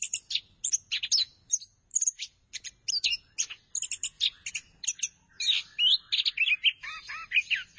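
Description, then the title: Thrush singing a fast, jumbled stream of high, squeaky chirps and trills, phrases tumbling one after another with brief gaps between bursts. "burung anis x"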